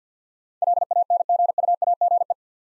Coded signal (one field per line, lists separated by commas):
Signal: Morse code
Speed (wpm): 46 wpm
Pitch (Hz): 700 Hz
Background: none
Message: LANGUAGE